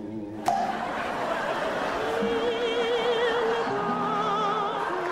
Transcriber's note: laughter